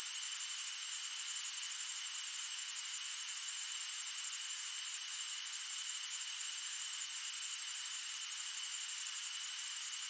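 Crickets giving a continuous, very high shrill pulsing trill without pause, with a fainter steady lower tone running beneath.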